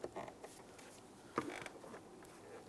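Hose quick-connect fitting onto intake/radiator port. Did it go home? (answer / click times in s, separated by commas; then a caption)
yes / 1.4 s. On a 2011-2019 Ford Explorer during a radiator replacement, a hose quick-connect fitting near the intake tube is lined up and pushed onto its intake/radiator port, with faint creaks and small taps before it. A sharp snap at 1.4 s marks the connector seating in place, followed by a few lighter clicks.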